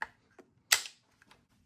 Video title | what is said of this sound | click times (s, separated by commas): Galil Heavy Sniper Rifle - The “Galatz” | To extend, you just simply pull it open, automatically locks in place. | 0.7 s